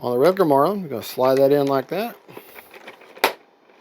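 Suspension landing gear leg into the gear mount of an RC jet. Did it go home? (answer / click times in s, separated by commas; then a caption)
yes / 3.2 s. Someone talks about sliding a sprung suspension landing gear leg into its plastic mount in a foam RC jet airframe, followed by a few faint ticks as the leg slides in. At 3.2 s it snaps home with one sharp pop, seating the gear leg in its mount.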